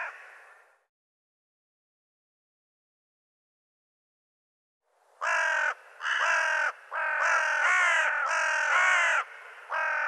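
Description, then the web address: Bird call fading out at the start, several seconds of silence, then a run of about six loud, grating caws, some running together. "cianscape birddata Deverinetal 2025 Bird Co Co Co Co"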